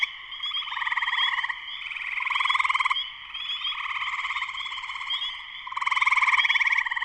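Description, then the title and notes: Spring peeper chorus, dense overlapping trills pulsing in and out every second or two above a constant shrill high band. Full chorus of many spring peepers, shortly after sunset, Sleeping Bear Dunes National Lakeshore, northern Michigan, USA. "Spring peepers (chorus frogs) in concert. Spring peepers (chorus frogs) in full chorus shortly after sunset in the Sleeping Bear Dunes National Lakeshore in northern Michigan, USA. Recorded by Darrin Wassom. Music for Sleep"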